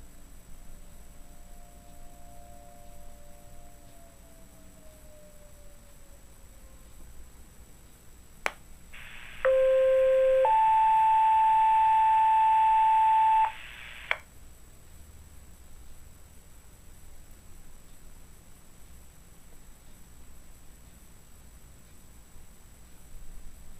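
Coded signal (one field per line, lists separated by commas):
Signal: two-tone page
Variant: Motorola Minitor two-tone sequential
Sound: radio squelch opens, one second low tone, then three seconds higher tone, then squelch closes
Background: radio static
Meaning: Tone-out that activates the assigned fire/EMS pagers and sirens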